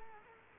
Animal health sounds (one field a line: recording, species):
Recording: mosquito wingbeat signal from an infrared sensor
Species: Culex quinquefasciatus